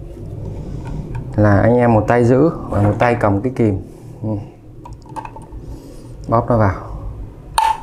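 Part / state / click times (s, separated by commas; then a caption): metal retaining ring onto a shaft groove in a copier waste toner unit / seated / 7.6 s. A metal retaining ring (circlip) is squeezed gently with pliers, one hand holding and the other working the pliers, onto a shaft in the waste toner unit (CD3) of an e856 copier while someone talks. A sharp metallic click at 7.6 s marks the ring snapping into its groove and seating.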